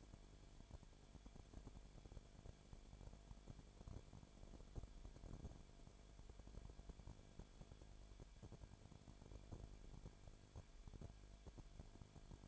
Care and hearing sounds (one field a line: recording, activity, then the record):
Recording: daily activity, microphone in the room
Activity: no activity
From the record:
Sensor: 5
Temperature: 19.8 degrees Celsius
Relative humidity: 33.3%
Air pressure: 1001.4 hPa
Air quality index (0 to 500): 31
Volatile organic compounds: 1 ppm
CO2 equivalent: 524 ppm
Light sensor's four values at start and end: 2/3/1/1 and 2/3/1/1